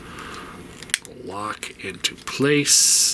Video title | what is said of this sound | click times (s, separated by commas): Transformers review Zeta Superitron-Mini aka Superion | and lock into place we go | 0.9 s